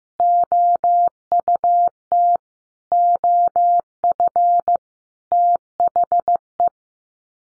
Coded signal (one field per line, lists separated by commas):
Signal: Morse code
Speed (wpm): 15 wpm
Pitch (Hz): 700 Hz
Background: none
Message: OUT OF THE